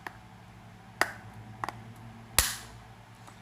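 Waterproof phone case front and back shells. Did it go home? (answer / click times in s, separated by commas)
yes / 0.1 s, 1.0 s, 1.6 s, 1.7 s, 2.4 s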